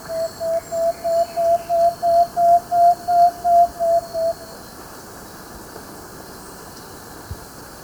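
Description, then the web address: Plain-backed antpitta song: a series of about a dozen even whistled notes on a near-steady pitch, rising slightly then easing down, over about four seconds. Recorded in Ecuador. "Birds of Ecuador 2. Plain-Backed Antpitta"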